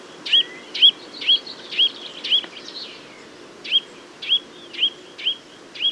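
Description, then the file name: Eurasian nuthatch calling: a series of short, sharp, high notes repeated about twice a second, with a brief pause midway before the series resumes. "Sitta europaea"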